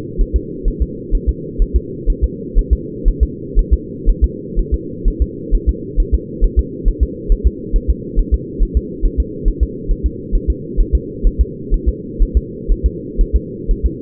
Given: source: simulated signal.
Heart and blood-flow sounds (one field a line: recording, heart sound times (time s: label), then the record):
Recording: fetal heart sounds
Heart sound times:
0.21 s: S1
0.36 s: S2
0.68 s: S1
0.82 s: S2
1.15 s: S1
1.29 s: S2
1.62 s: S1
1.76 s: S2
2.10 s: S1
2.24 s: S2
2.59 s: S1
2.73 s: S2
3.08 s: S1
3.23 s: S2
3.59 s: S1
3.73 s: S2
4.09 s: S1
4.24 s: S2
4.59 s: S1
4.74 s: S2
5.08 s: S1
5.22 s: S2
5.55 s: S1
5.69 s: S2
6.00 s: S1
6.14 s: S2
6.44 s: S1
6.59 s: S2
6.88 s: S1
7.03 s: S2
7.32 s: S1
7.47 s: S2
7.76 s: S1
7.90 s: S2
8.19 s: S1
8.34 s: S2
8.63 s: S1
8.77 s: S2
9.05 s: S1
9.20 s: S2
9.48 s: S1
9.63 s: S2
9.91 s: S1
10.06 s: S2
10.35 s: S1
10.50 s: S2
10.80 s: S1
10.95 s: S2
11.27 s: S1
11.41 s: S2
11.74 s: S1
11.89 s: S2
12.22 s: S1
12.37 s: S2
12.72 s: S1
12.86 s: S2
13.21 s: S1
13.36 s: S2
13.71 s: S1
13.86 s: S2
From the record:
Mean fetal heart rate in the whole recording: 130 bpm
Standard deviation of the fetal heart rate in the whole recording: 4 bpm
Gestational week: 38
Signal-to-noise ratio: -4.1 dB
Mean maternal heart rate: no maternal heart sound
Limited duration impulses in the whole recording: absent